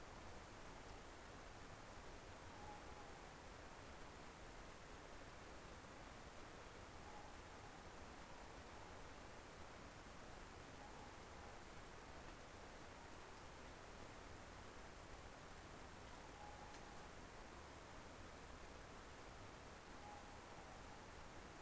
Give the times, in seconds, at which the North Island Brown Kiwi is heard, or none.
none